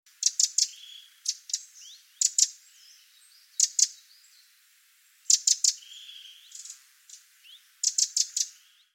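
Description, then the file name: Eurasian wren calls: sharp, dry ticking notes in quick clusters of two to four, repeated every one to two and a half seconds, with fainter chirps between. "Troglodytes troglodytes"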